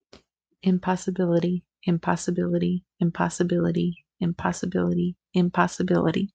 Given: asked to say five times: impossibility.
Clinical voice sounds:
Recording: repeated word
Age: 30 to 39 years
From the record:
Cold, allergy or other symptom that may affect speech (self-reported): no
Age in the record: 32 years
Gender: other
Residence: Kansas, United States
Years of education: 15

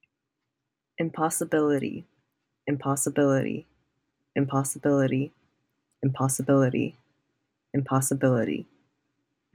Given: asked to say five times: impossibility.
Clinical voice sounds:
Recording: repeated word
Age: 20 to 29 years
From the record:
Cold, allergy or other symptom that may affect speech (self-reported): no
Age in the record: 20 years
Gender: other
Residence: California, United States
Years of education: 14

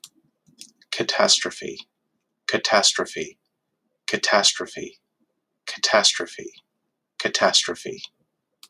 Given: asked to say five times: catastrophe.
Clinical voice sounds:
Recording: repeated word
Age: 30 to 39 years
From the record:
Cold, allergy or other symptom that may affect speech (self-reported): no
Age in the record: 39 years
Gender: other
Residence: Oregon, United States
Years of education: 14

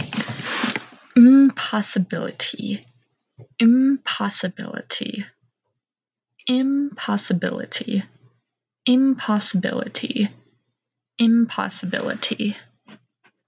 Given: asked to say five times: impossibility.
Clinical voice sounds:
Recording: repeated word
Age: 20 to 29 years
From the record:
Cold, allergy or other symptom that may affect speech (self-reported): no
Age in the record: 23 years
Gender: other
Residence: Washington, United States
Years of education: 13

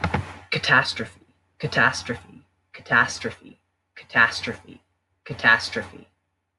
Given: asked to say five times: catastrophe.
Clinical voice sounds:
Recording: repeated word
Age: 18 to 19 years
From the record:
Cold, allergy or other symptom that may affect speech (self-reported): no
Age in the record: 19 years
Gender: other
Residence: Ohio, United States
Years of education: 13

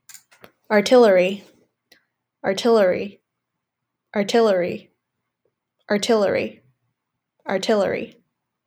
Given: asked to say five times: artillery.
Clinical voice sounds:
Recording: repeated word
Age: 20 to 29 years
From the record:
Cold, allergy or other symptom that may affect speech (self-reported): no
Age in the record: 26 years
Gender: other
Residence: Massachusetts, United States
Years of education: 16

